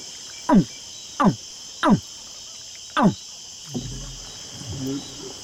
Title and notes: Nuit noire, sur la berge on imite le cri du crocodile en attendant sa réponse. Un bébé crocodile est le premier à répondre. En avançant sur le fleuve, c’est au tour des plus grands de faire écouter quelques vocalises en réponse aux appels.